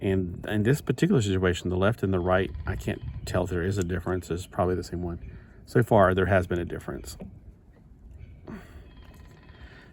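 A plastic part of a Transformers model kit is pushed into the figure's socket, sliding in loosely without snapping, so it will fall apart. Someone talks for most of the clip, then a faint handling sound comes near 8.5 seconds. Nothing has snapped or clicked into place yet.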